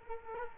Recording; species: mosquito wingbeat signal from an infrared sensor; Culex quinquefasciatus